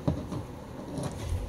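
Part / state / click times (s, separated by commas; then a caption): plastic robot head into toy torso / seated / 0.1 s. The plastic head of a combiner robot toy pops up and locks into its seated position in the toy's torso during transformation. A short plastic click is heard at 0.1 s, followed by faint low handling noise. The head is seated.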